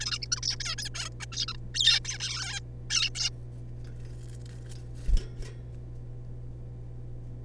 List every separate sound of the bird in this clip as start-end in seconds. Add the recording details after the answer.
0.00-0.20, 0.22-0.27, 0.32-0.40, 0.43-0.58, 0.60-0.75, 0.78-0.89, 0.94-1.09, 1.20-1.25, 1.32-1.46, 1.48-1.56, 1.75-2.00, 2.05-2.63, 2.90-3.12, 3.15-3.29. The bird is a juvenile. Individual R3549